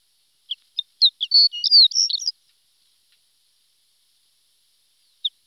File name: shore lark